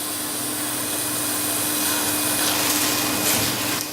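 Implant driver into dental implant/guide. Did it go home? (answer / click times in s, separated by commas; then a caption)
no / none. During a guided dental implant procedure with a flap at the upper right central incisor (UR1), an implant driver is handled and pushed back toward the implant and guide so it can be clicked in before a couple of turns with the bar. Steady suction noise hisses throughout, with faint scraping and handling sounds around 2.5 s and 3.3 s. Nothing has clicked or seated yet.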